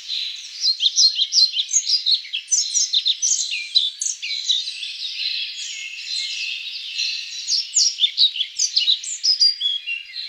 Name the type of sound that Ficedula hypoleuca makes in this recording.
song